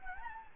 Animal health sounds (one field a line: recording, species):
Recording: mosquito wingbeat signal from an infrared sensor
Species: Anopheles gambiae